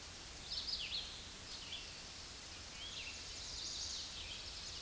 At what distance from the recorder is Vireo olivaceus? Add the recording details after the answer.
about 30 m. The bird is about 15 m above the microphone. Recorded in a Pennsylvania forest on 16 May 2024 at 07:17. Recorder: AudioMoth, point MSD-0398. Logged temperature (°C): 16.4 °C. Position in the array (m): 167 m, 70 m